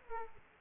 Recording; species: mosquito wingbeat signal from an infrared sensor; Aedes aegypti